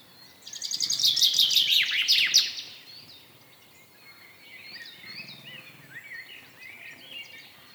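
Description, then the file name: Common chaffinch singing one loud phrase of quick repeated notes that falls in pitch and ends abruptly, then softer chirps from other birds. "Fringilla coelebs"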